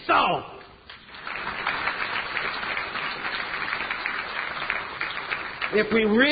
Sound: applause